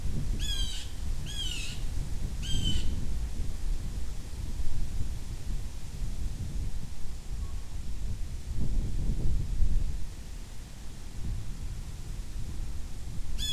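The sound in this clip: Blue jay harsh calls, three squawks at the start and one more at the very end, with low rumbling noise between.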